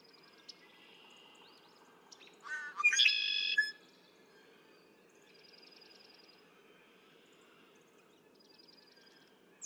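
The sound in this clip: Red-winged blackbird song, a clipped stutter of notes then a rich buzzy trill, against low steady background noise and faint high trills from other birds.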